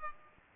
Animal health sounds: mosquito wingbeat signal from an infrared sensor; Aedes aegypti

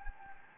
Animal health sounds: mosquito wingbeat signal from an infrared sensor; Anopheles gambiae

